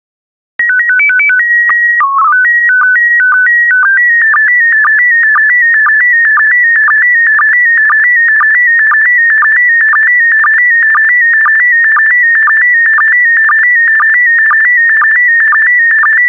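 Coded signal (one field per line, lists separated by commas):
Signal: SSTV (slow-scan television)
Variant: PD 120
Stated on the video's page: PD120 SSTV images from a daily decoding set.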